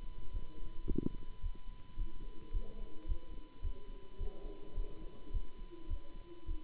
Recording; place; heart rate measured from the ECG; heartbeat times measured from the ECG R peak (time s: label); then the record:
heart sounds by stethoscope; between the tricuspid and mitral areas; 107 bpm
0.30 s: heartbeat
0.85 s: heartbeat
1.39 s: heartbeat
1.95 s: heartbeat
2.50 s: heartbeat
3.05 s: heartbeat
3.60 s: heartbeat
4.16 s: heartbeat
4.73 s: heartbeat
5.30 s: heartbeat
5.87 s: heartbeat
6.44 s: heartbeat
From the record:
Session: Bruce protocol treadmill stress test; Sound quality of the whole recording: good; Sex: male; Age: 26 years